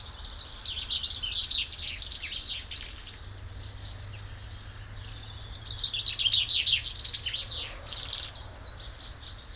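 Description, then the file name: Common chaffinch singing two song phrases, each a quick run of notes, with a few thin high whistles faintly between and after them. "Fringilla coelebs"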